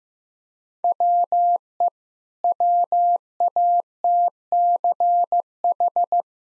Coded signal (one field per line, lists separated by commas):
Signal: Morse code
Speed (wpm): 14 wpm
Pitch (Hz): 700 Hz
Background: none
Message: WE WATCH